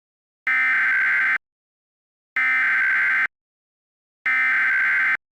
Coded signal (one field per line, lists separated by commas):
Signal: Emergency Alert System (SAME) tones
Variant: header bursts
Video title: Ejected (EAS Scenario)